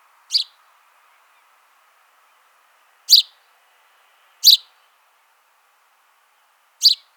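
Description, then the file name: House sparrow chirps, four short sharp notes spaced unevenly a second or more apart, over quiet background. "Passer domesticus"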